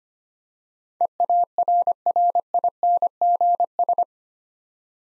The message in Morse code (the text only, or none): EARRINGS